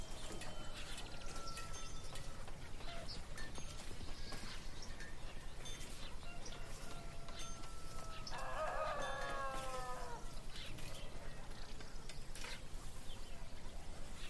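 Birds sing and farm animals call over a steady bed of town activity, with a rooster-like crow standing out near the start and again, louder, around eight to ten seconds. Scattered knocks and clatter from people working run throughout, dense and constant.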